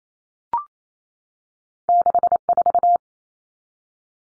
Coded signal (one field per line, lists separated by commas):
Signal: Morse code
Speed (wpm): 28 wpm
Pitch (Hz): 700 Hz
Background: none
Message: 64